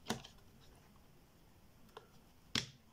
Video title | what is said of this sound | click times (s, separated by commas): Random iBook G3 RAM Upgrade | There we go. Nice little click. | 2.6 s